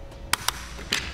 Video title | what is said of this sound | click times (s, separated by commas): etrailer - Setting up the Yakima RidgeLine Roof Rack for Flush Rails on a 2015 Ford Edge | one of the nice features about this tool is once you have it completely tightened you'll hear a couple clicks | 0.3 s, 0.5 s, 0.9 s